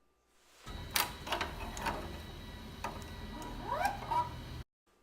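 The three spring clips around a metal cap hoop on a MakeIT P&E embroidery machine are pressed at the same time, and the hoop is pulled off the cap driver. A loud click at 0.96 s is followed by smaller rattles and clicks, and the hoop is released.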